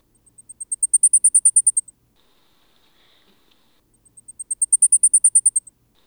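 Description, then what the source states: Blackpoll warbler song: two very high, thin series of rapid ticking notes, each swelling loudest in the middle then fading, about four seconds apart, with quiet background. Common at high elevations; sings most forcefully at the middle of its song.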